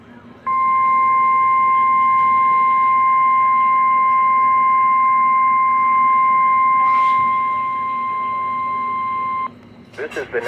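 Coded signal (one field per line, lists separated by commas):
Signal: Emergency Alert System (SAME) tones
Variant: 1050 Hz attention tone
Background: speech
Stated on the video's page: Required Weekly Test, EAS/NOAA Weather Radio alert.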